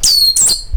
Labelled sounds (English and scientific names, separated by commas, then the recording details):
Stitchbird (Notiomystis cincta) song
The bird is a male
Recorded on Tiritiri Matangi Island, New Zealand, in 2005
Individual 22, of nest box 31